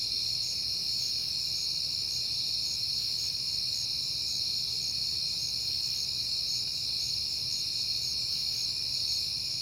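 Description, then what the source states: Crickets chirping in a steady high chorus, several continuous trills layered with a regularly pulsed chirp, faint low rumble beneath. Crickets at night in September, on a peaceful night.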